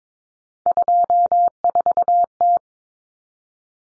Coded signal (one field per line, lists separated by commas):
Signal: Morse code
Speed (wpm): 22 wpm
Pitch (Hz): 700 Hz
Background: none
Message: 24T